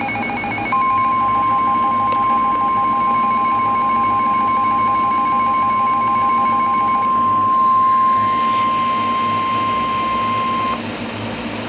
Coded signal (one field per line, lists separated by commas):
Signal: Emergency Alert System (SAME) tones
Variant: 1050 Hz attention tone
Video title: Severe Thunderstorm Warning (EAS #896) 7/13/15